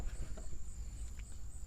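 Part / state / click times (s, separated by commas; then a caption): radiator hose quick-connect end onto radiator/coolant pipe fitting / not seated / none. A radiator hose quick-connect end on a BMW, Mercedes, Audi, Volkswagen or Porsche is held against the radiator/coolant pipe fitting while its notches are lined up with the alignment marks before being pushed on. Quiet handling rustles play over a low rumble and a steady high-pitched tone, with one faint brief tap near 1.2 s. Nothing has seated or clicked yet.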